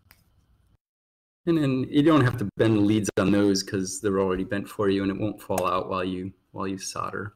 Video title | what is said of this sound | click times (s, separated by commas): HOPE 2020 (2020): ArduTouch Music Synthesizer | the reset button just push it in it kind of clicks in | 0.1 s